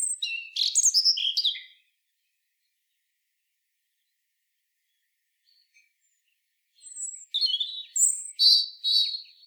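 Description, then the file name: European robin singing: a rich, fluid phrase of high twittering notes, several seconds of silence, then another varied phrase ending in fast silvery trills. "Erithacus rubecula"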